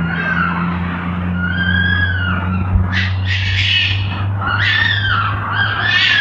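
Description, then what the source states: Red fox fighting calls: long whining, wavering screams breaking into harsh chattering squalls, with a steady low hum throughout. More than one red fox; fighting.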